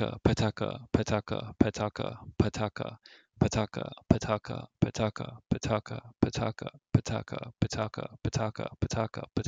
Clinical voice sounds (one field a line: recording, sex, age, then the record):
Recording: repeated syllables /pa ta ka/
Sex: male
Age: 20 to 29 years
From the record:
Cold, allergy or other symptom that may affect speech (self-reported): no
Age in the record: 29 years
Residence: Oregon, United States